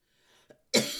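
A faint breath and a short catch, then a single sharp, loud adult cough burst in a small room, part of a bout of coughing that will not stop.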